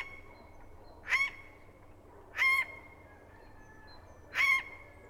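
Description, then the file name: Eurasian jay giving harsh, rasping screeches, three calls spaced about one and a half to two seconds apart over a steady low hum. "Garrulus glandarius"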